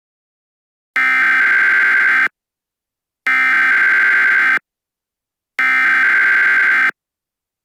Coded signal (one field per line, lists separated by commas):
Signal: Emergency Alert System (SAME) tones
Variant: header bursts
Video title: EAS Scanerio #1 Midnight Fire